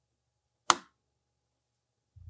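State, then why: Seated. A phaco I/A tubing cassette, the surgical fluidics cassette, is pressed down into its slot on a Faros cataract surgery console. It seats with a single sharp, loud click at 0.7 s. A brief low rumble follows near the end.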